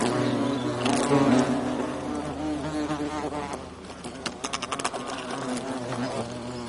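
European hornet wing hum, a deep steady buzz with wavering overtones, accompanied in the second half by a rapid series of sharp clicking or tapping sounds.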